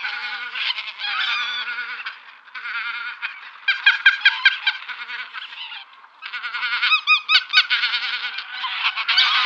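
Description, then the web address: Greater white-fronted goose: geese calling in a flock, many overlapping yelping and cackling notes, with brief quieter gaps near two and six seconds. "Schulze Peter White-fronted Goose"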